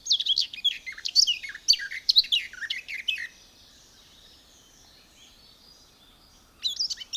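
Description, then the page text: Garden warbler delivering a brisk, liquid warble for about three seconds, then silence, before another burst of song begins at the end. "Звуки птиц - Садовая славка"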